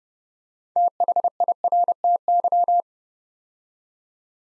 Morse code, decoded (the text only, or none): THIRTY